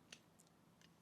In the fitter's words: Zack. Jetzt habe ich den so merkwürdig eingerastet,